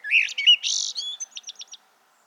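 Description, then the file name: Common blackbird giving a burst of varied chirps and squeaky notes, then a short run of rapid high ticking notes fading out. "Turdus merula"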